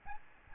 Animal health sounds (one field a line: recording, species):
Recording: mosquito wingbeat signal from an infrared sensor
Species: Aedes albopictus